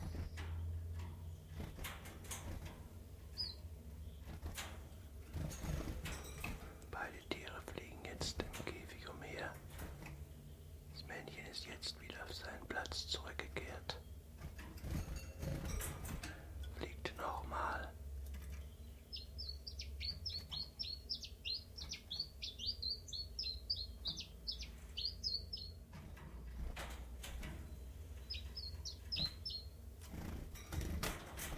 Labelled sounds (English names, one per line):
Common Chiffchaff